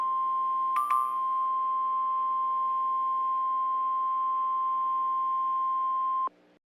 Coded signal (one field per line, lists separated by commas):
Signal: Emergency Alert System (SAME) tones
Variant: 1050 Hz attention tone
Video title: goanimate4schools shutdown experience: the EAS scenario